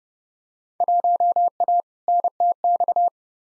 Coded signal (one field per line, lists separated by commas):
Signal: Morse code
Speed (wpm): 29 wpm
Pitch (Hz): 700 Hz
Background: none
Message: 1A NTX